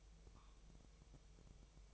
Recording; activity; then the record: daily activity, microphone in the room; take from stove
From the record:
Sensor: 1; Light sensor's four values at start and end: 9/22/8/9 and 9/22/8/9